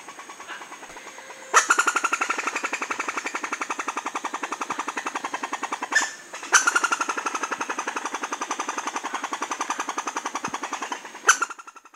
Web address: Natures Songs S America Mammals of the Rainforest Southern Amazon Red Squirrel